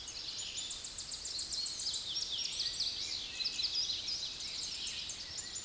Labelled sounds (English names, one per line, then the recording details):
Tennessee Warbler song
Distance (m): 60 m
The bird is about 20 m above the microphone
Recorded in a Pennsylvania forest on 16 May 2024 at 07:07
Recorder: AudioMoth, point MSD-2417
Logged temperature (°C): 16.4 °C
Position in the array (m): 51 m, 62 m